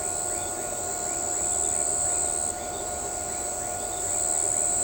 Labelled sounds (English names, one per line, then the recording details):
none
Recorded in shrubland near Pivijay, Magdalena, Colombia, on 17 April 2023 at 01:30
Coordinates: 10.453, -74.365
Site P5-G022